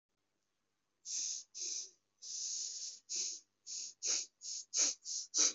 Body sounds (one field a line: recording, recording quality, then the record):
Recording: shallow breathing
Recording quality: excellent, no background noise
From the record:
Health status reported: COVID-19 positive, mild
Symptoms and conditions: fever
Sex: male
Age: 40 years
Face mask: not worn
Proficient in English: no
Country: India